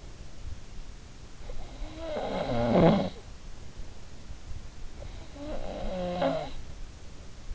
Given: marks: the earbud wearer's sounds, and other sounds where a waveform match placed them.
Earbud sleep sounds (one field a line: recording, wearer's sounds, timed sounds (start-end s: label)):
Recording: sounds in sleep by an in-ear microphone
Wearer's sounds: snoring breath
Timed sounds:
1.12-4.04 s: snoring breath
5.01-7.24 s: snoring breath